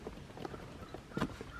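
After the plastic plugs are fitted, the side trim panel of a Maserati car seat is pushed in over the holes onto the seat frame, and its clips snap home by themselves with sharp clicks at 0.1 s and 0.5 s. A louder thud follows around 1.2 s, and the panel ends up seated.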